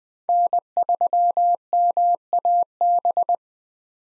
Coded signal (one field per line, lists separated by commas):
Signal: Morse code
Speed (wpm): 20 wpm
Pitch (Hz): 700 Hz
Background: none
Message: N3MAB